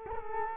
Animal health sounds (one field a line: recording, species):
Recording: mosquito wingbeat signal from an infrared sensor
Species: Culex quinquefasciatus